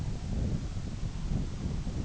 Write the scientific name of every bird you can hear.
none